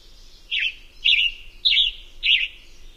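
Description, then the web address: Western tanager song: four hoarse, burry phrases spaced roughly half a second apart, each a short rough slurred note, against a quiet background. "Songs of Birds of North America Know Your Bird Sounds Common Western Species. Western Tanager"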